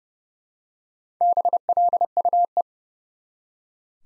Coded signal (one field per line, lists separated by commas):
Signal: Morse code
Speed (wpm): 30 wpm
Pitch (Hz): 700 Hz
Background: none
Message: BLUE